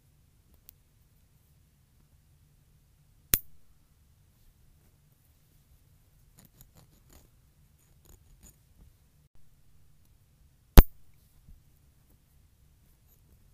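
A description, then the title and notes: Nails being clipped: two sharp, loud snaps, one near the three-second mark and another around eleven seconds. Between them come a scattering of faint ticks and small clicks, all over a low, steady hum that runs the whole time. ASMR Cutting and Filing my Nails.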